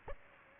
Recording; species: mosquito wingbeat signal from an infrared sensor; Aedes aegypti